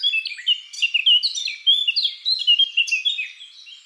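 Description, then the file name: Eurasian blackcap song: a brief, continuous run of quick, varied warbled notes mixing scratchy chatter and sweet whistled phrases. "Sylvia atricapilla"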